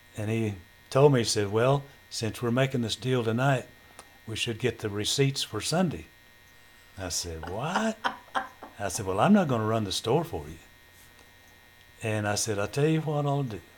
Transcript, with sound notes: And he told me-- he said, "Well since we're making this deal tonight, we should get the receipts for Sunday. I said, "What?" (Laughter) I said, "Well I'm not gonna run the store for you." And I said, "I'll tell you what I'll do.